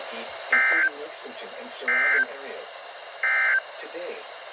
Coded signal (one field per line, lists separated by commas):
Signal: Emergency Alert System (SAME) tones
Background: speech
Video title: HAPPY NEW YEAR. HAVE SOME WARNINGS. (EAS#77-94)(Eas Compilation as of 1/1/22)